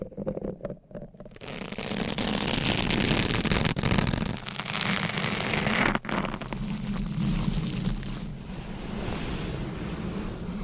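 Dense, rough scratching fills the clip after a choppy, broken start in the first second and a half. The texture shifts in character around 4, 6 and 8 seconds, with a brief dip near 6, over a steady low hum underneath.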